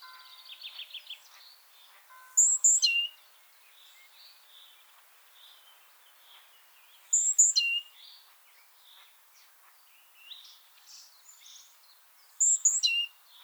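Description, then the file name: Great tit calls, a short high note falling into a lower chirp, given three times roughly every five seconds, over soft twittering in the background. "Parus major"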